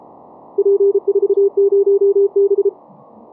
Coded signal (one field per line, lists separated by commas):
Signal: Morse code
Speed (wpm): 33 wpm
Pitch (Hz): 400 Hz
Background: none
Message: P40B